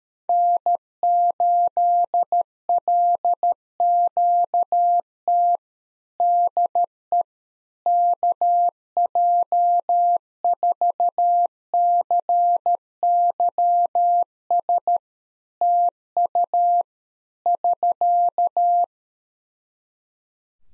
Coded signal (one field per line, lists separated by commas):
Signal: Morse code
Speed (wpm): 13 wpm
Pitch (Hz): 700 Hz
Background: none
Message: N8LQT DE KJ4CYS TU <SK>